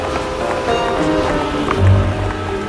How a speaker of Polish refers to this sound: Marcowy deszcz pomieszany ze śniegiem padał wciąż i rozwłóczył nad łodzią ciężki, lepki tuman. Bębnił w blaszane dachy i spływał z nich prosto na trotuary, na ulice czarne i pełne grząskiego błota, na nagie drzewa przytulone do długich